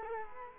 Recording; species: mosquito wingbeat signal from an infrared sensor; Culex quinquefasciatus